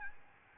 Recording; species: mosquito wingbeat signal from an infrared sensor; Aedes albopictus